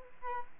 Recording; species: mosquito wingbeat signal from an infrared sensor; Aedes aegypti